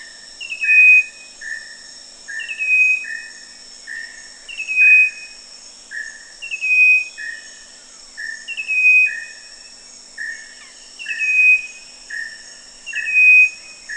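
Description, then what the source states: Striped wren-babbler calling: short descending whistled notes about every two seconds, with lower, even whistles between them, over a steady high insect drone. Recorded at Danum on 1 March 2008.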